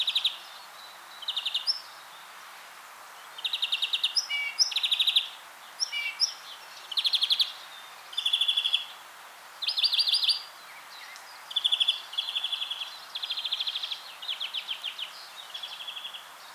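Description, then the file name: European greenfinch repeating quick twittering trills and chattering phrases, broken by brief pauses, with an occasional short buzzy note, steady throughout. "Chloris chloris"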